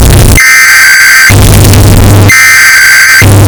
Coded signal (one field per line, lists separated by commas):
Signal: Emergency Alert System (SAME) tones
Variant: header bursts